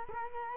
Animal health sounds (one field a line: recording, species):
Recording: mosquito wingbeat signal from an infrared sensor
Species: Culex quinquefasciatus